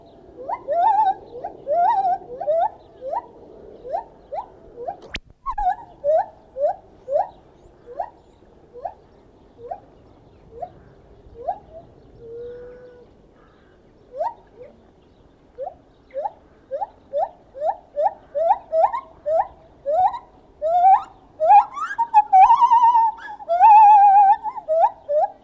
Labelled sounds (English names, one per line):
Lar Gibbon